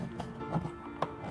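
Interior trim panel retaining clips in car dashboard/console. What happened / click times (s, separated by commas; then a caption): The plastic trim clips popped loose / 0.2 s, 1.0 s. A plastic pry tool is run along the edges of a plastic interior trim panel in the dashboard/console of a BMW 335i, being removed so the poorly done trim can be redone for a carbon fiber interior. Over a steady low tonal background, sharp clicks at 0.2 s and 1.0 s mark the retaining clips releasing. The trim clips pop out.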